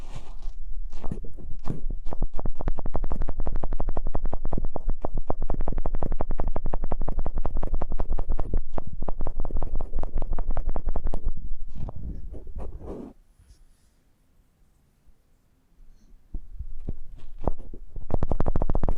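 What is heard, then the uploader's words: Eardrum massage sounds: rapid, even rubbing and scratching strokes for about eleven seconds, a near-silent pause, then the rubbing starts again near the end. ASMR Intimate Eardrum Massage.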